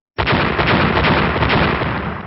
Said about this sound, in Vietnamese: Liên tục bốn tiếng nổ lớn vang lên, bốn người lục quỳ chung đồng thời bị đánh bay.